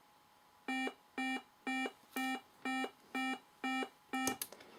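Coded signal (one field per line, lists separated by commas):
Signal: none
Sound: computer playing musical notes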